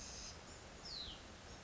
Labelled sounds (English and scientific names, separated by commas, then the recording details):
Hutton's Vireo (Vireo huttoni)
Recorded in Sonoma County, California